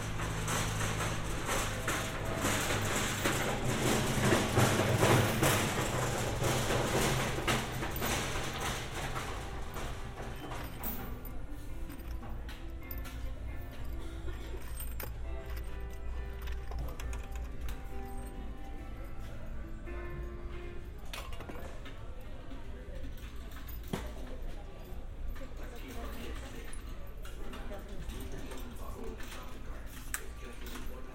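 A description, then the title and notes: Indoor bustle inside a hardware store, with a steady low hum and scattered clicks, rattles and small mechanical clatter from handled goods. Faint voices murmur in the background. The first ten seconds are busier and louder, then the scene settles into quieter, sparser activity. A binaural field recording of shopping at a hardware store in New Rochelle.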